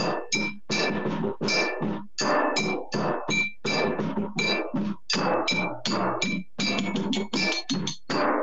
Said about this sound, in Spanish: todo lo agudo lo estás escuchando con unas botellitas, sí, que están llenas de agua en determinados niveles